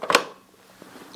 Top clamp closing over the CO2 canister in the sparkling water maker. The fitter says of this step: that locks it in then all you have to do is take the back again